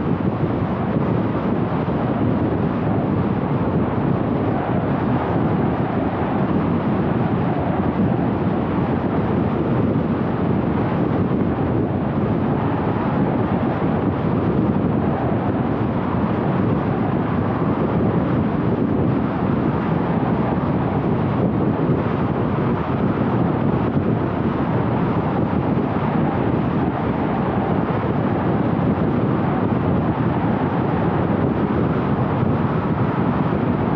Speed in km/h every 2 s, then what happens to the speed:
80, 80, 81, 81, 82, 81, 80, 78, 78, 77, 77, 78, 79, 80, 81, 81, 82.
0-34 steady at about 80.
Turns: none.